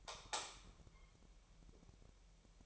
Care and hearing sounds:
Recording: daily activity, microphone in the room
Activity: light off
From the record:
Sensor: 1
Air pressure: 1002.0 hPa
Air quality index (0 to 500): 247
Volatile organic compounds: 51 ppm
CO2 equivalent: 3308 ppm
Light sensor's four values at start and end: 9/27/10/12 and 5/11/4/5

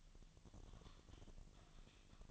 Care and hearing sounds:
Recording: daily activity, microphone in the room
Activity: typing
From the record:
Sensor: 4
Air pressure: 1000.0 hPa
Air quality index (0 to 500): 230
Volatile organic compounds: 30 ppm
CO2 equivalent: 2967 ppm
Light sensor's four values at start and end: 9/21/8/8 and 9/21/8/8

